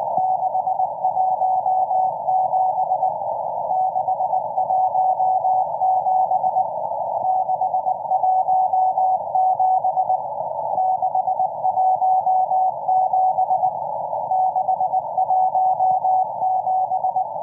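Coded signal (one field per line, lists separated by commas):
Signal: Morse code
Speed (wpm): 19 wpm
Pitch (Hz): 750 Hz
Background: none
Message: 617 617 617 617 617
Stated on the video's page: M14 Morse number station on 17458 kHz at 09:30 UTC, an extremely long message running until 10:20 UTC.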